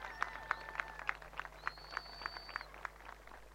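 Coqui frog calls, short bright notes repeated in a quick steady series, with a thin high whistle drawn out briefly in the middle and a low steady hum beneath.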